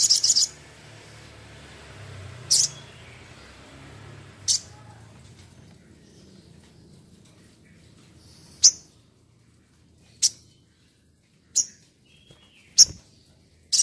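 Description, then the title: Spiderhunter giving short, sharp, high chips at irregular gaps over a soft, low background rumble. Masteran (training recording for cage birds), Labaik variant. "Sogok Ontong Labaik"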